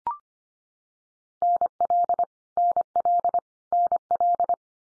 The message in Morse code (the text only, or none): NL NL NL